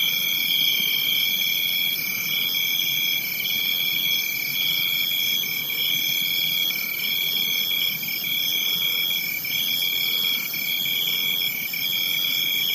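Several crickets calling at once, high-pitched trills with one caller repeating short bursts of about a second while others keep up an unbroken shrill background.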